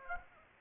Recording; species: mosquito wingbeat signal from an infrared sensor; Aedes aegypti